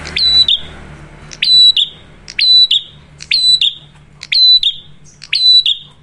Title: Masteran Duet Cililin Vs Kapas Tembak. Prenjak Gacor. Ngalun Kencang, Ampuh Banget Buat Pikat Ataupun Masteran